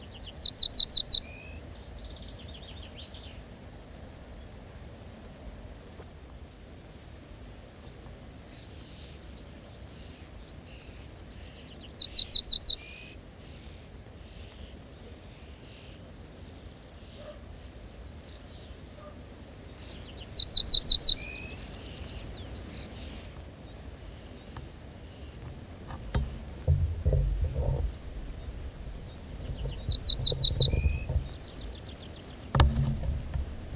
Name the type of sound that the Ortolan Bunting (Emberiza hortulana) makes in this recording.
song